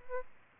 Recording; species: mosquito wingbeat signal from an infrared sensor; Aedes albopictus